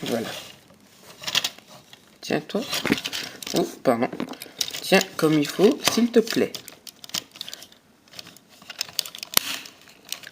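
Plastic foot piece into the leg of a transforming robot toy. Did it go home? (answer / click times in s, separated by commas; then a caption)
yes / 9.4 s. A plastic foot piece is clipped back into the leg of a transforming robot toy figure after being badly attached, while someone talks. Sharp plastic snaps are heard, and the foot seats with a click at 9.4 s.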